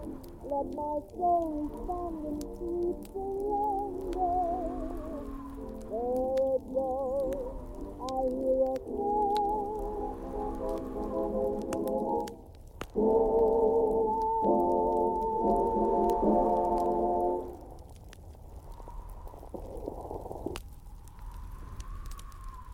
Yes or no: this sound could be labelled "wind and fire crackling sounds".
yes